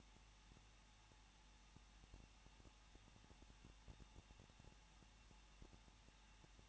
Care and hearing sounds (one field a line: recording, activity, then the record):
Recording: daily activity, microphone in the room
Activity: no activity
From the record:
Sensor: 1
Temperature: 20.1 degrees Celsius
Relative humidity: 39.1%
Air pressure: 1006.3 hPa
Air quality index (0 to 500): 217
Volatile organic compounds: 76 ppm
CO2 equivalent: 3574 ppm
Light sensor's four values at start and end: 1/2/1/1 and 1/2/1/1